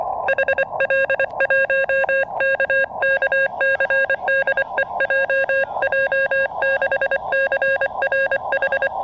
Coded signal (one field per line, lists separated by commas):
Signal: Morse code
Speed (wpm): 24 wpm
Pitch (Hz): 1600 Hz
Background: none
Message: HL1KKC DE JJ6CRH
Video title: SOTA Operation,백련산